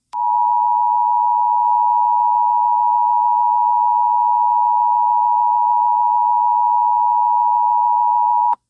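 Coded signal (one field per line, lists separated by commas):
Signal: Emergency Alert System (SAME) tones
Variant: 853 and 960 Hz attention tone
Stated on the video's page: Fictional EAS scenario, not a real alert.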